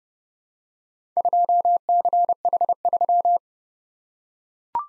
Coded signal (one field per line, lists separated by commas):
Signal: Morse code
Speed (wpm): 30 wpm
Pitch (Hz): 700 Hz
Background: none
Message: 2CH3